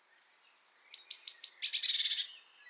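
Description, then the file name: Eurasian blue tit call: a high thin note, then a quick run of sharp ticks sliding into a buzzy, scolding churr that fades. "Cyanistes caeruleus"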